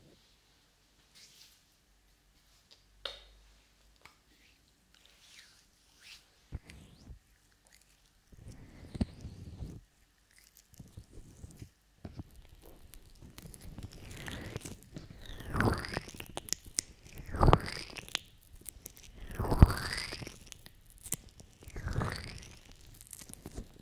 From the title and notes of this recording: ASMR Ear Lotion Ear Cleaning Ear Cupping Ear Massage (3Dio).